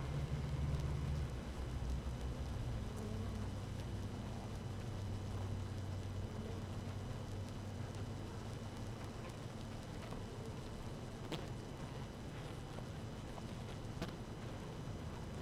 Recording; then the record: honeybee colony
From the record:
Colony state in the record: active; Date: 12 June 2018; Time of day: 6:08